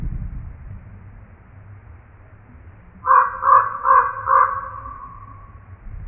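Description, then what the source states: Common Raven croaking four times in quick succession, harsh and resonant, after a few seconds of low background rumble. Recorded 4 January 2007.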